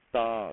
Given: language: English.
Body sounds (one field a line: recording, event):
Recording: throat vibration sensor signal played as sound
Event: speech